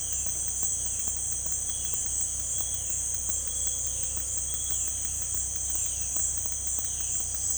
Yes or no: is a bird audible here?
no